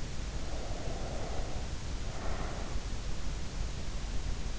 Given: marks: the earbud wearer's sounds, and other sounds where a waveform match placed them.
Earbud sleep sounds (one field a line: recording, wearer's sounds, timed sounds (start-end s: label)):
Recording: sounds in sleep by an in-ear microphone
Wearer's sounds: breath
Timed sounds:
0.06-3.05 s: breath